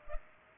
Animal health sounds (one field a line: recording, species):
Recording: mosquito wingbeat signal from an infrared sensor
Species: Culex pipiens